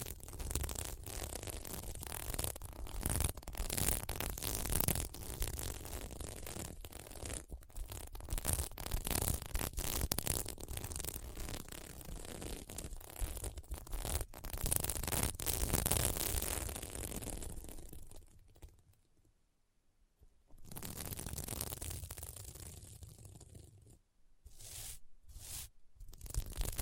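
Sequins on a mermaid pillow are scratched and brushed in dense, continuous strokes, a rough crackling rasp with frequent quick flicks. The scratching runs steadily for about eighteen seconds, then nearly stops around twenty seconds, returns briefly, and ends in short bursts separated by silences.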